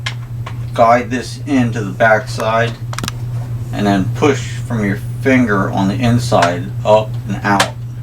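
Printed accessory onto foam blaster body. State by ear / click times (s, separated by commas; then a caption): not seated / none. A 3D-printed plastic Nexus Pro accessory is guided into the back side of a foam blaster and pushed up and out from the inside with a finger, with faint handling taps near 0.1, 0.5 and 3.0 seconds while someone talks throughout. Nothing has seated or clicked yet; the part is not home when the clip ends.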